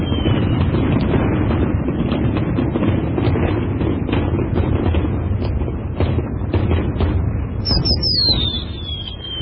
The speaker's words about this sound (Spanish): Sí, vamos, fuegos artificiales y cohetes.